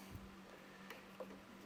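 A plastic clamp holding a new fuel hose on a Mountfield 164 414 41 lawnmower is handled toward its mounting hole on the fuel tank or bracket while the leaking fuel hose is being replaced. Faint handling ticks sound around 0.2, 0.9 and 1.2 seconds over a steady low hum. Nothing has seated or clicked yet.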